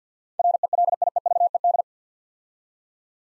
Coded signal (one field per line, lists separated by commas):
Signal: Morse code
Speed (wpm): 48 wpm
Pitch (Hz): 700 Hz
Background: none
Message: RELIEVED